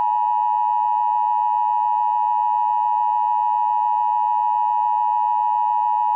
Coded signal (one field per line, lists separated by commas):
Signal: Emergency Alert System (SAME) tones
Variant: 853 and 960 Hz attention tone